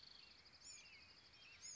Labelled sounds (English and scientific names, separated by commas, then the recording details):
Bewick's Wren (Thryomanes bewickii)
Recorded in Sonoma County, California